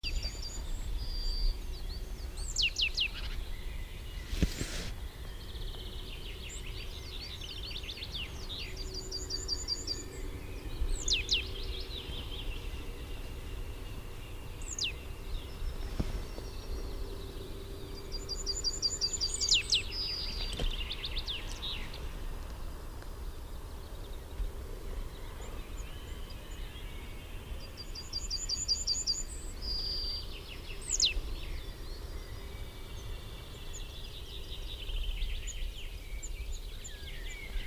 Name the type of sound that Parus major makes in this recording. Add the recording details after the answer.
call. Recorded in the wild. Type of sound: call. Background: Emberiza citrinella. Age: adult. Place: Schönow, Naturpark Barnim, Brandenburg, DE. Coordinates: 52.6892, 13.5014. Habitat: wood. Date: 2005-05-28. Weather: clear, 16°C, no wind. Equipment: Edirol R-4, Sennheiser MKH 70, Windschutz. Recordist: Frommolt, Karl-Heinz. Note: Naturschuztgebiet Schönower Heide: Rufe. Entfernung ca. 10 m. Tier gesehen